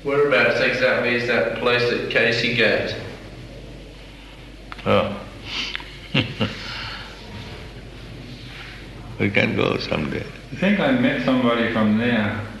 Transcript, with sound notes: Whereabouts, exactly, is that place at Keśī-ghāṭa?
Oh. [chuckles] We can go some day.
I think I met somebody from there.